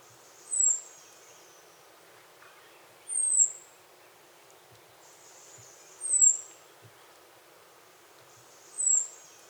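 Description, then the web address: Bird calls: four sharp, very high descending whistles about every two and a half seconds over a steady background hiss. Costa Rican cloud forest; song and call. "Birds of the Costa Rican Cloud Forest Song, call"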